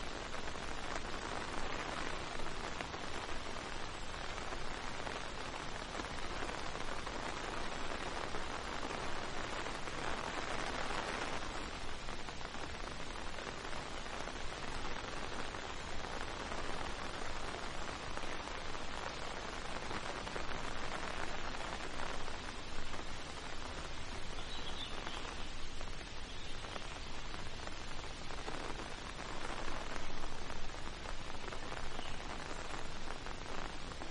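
Rain falls steadily, a dense hiss of countless drops spread from low rumble to bright patter. The texture stays even throughout, with a brief brighter swell near eleven seconds, a faint higher tone around twenty-five seconds, and slightly louder gusts near thirty.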